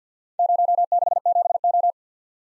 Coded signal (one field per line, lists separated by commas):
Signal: Morse code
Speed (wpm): 51 wpm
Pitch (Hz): 700 Hz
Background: none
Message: 067O